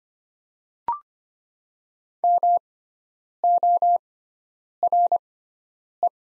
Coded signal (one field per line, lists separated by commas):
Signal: Morse code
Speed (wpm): 25 wpm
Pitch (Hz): 700 Hz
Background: none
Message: MORE